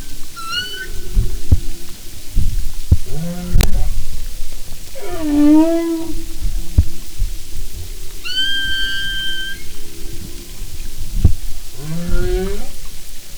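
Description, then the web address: Humpback whale song units: low moans, sweeping harmonic cries rising and falling, and high flat whistled tones, spaced throughout above a rumbling underwater background with sharp clicks. "Sound and Marine Mammals humpback"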